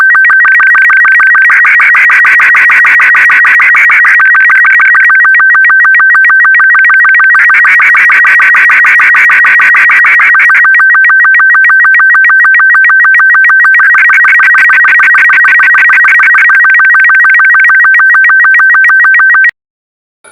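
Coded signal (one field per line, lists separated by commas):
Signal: SSTV (slow-scan television)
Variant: Robot36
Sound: steady, buzzy warbling tone rapidly trilling between two pitches for about 19 seconds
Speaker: ഇപ്പോൾ നമ്മൾ എൻകോഡ് ചെയ്തു വച്ചിരുന്ന ചിത്രത്തെ ആ ശബ്ദത്തിൽ നിന്നും ഡീകോഡ് ചെയ്ത് വീണ്ടും ഒരു ചിത്രമാക്കി തന്നെ മാറ്റിയിരിക്കുന്നു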